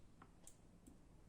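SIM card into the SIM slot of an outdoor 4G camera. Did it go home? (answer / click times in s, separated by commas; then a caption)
yes / 0.5 s. A SIM card is pushed edge-first, copper contacts facing down, into the spring-loaded SIM slot of a solar 4G security camera until it latches. A small tick sounds at 0.2 s, then a sharp, bright click at 0.5 s as the card seats, followed by a fainter tick near 0.9 s over a steady low background. The SIM card is seated in its slot.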